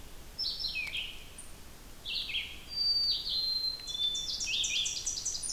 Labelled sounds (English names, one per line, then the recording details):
Red-eyed Vireo song
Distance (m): 15 m
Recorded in boreal forest in Alberta, Canada, on 2 June 2016 at 08:00
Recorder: SongMeter 3, array SBT-3-7
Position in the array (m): 106 m, 124 m